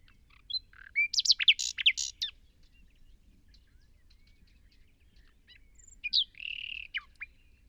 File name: Luscinia megarhynchos